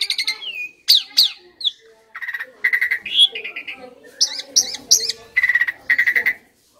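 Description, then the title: Asian pied starling song with buzzy rattling phrases, squeaky rising notes and loud harsh calls in quick succession. Training audio (masteran) for caged songbirds that sing too little or are sluggish. "Masteran Jalak Suren AMPUH Dan EFEKTIF Atasi Burung KURANG GACOR Dan LOYO"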